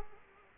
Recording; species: mosquito wingbeat signal from an infrared sensor; Culex quinquefasciatus